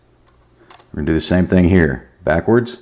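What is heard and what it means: A CPU socket retention screw, the third socket frame screw on an AMD Threadripper motherboard socket frame, is being handled to be pressed down and turned backwards. A couple of faint ticks are heard near the start before someone talks. Nothing has seated or clicked yet.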